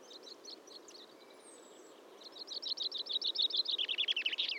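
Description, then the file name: Common chaffinch singing: faint high notes at first, then a loud trill of repeated notes that drops lower into a closing flourish. "Fringilla coelebs"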